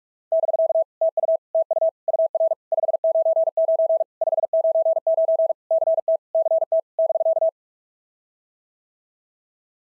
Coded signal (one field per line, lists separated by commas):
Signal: Morse code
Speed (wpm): 42 wpm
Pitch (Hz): 660 Hz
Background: none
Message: <BK> TU TU UR 599 599 CT CT <BK>